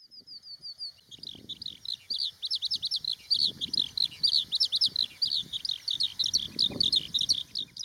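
Eurasian skylark song, a rapid unbroken stream of high twittering and trilled syllables, constantly varied, with soft low rumbling noise underneath.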